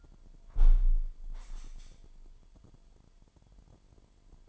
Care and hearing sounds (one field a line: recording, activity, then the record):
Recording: daily activity, microphone in the room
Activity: close window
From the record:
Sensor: 5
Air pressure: 998.2 hPa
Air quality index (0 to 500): 95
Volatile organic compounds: 2 ppm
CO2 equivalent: 1088 ppm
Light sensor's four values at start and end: 24/58/24/26 and 24/58/24/26